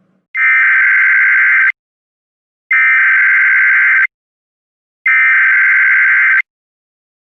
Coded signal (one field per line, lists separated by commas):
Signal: Emergency Alert System (SAME) tones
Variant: header bursts